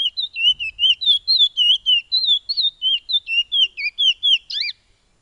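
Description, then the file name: Piolet song of quick, repeated wavering whistles, roughly four each second, closing with a sharp upward and downward slur. "suara burung piolet omkicau"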